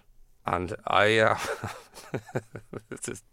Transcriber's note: laughter